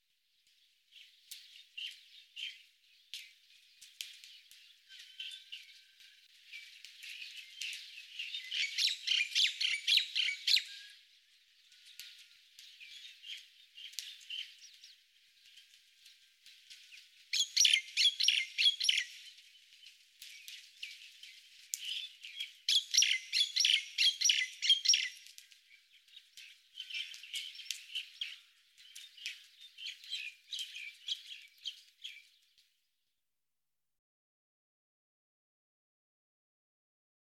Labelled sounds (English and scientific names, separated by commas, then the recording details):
Common Myna (Acridotheres tristis) song
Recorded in the wild
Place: Buchara, TM
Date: 2001-05-20
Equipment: MiniDisc Sharp MT 20 H
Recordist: Schwarz, Dieter